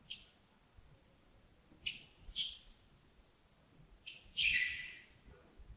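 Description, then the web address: Bird calls: a few short high chirps, a very high hissing note, and a loud, buzzy, downslurred call near the end. Early morning at Yagongding, 28 December 2025, around 07:40. "2025-12-28 亚公顶清晨 251228 074040 birds"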